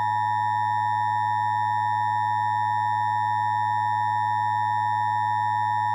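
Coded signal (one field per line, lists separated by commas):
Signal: Emergency Alert System (SAME) tones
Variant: 853 and 960 Hz attention tone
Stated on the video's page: Valid EAS tones in a fictional alert scenario based on a TV series.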